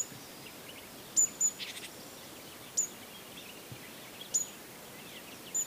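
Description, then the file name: Great tit giving sharp, very high thin notes in ones and pairs, with a brief harsh scratchy burst near the start, against faint steady hiss. "Parus major"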